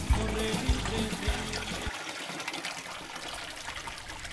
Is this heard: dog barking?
no